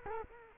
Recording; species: mosquito wingbeat signal from an infrared sensor; Culex quinquefasciatus